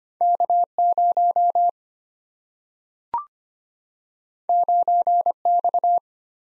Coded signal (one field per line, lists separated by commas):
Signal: Morse code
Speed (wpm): 25 wpm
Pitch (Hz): 700 Hz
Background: none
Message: K0 9X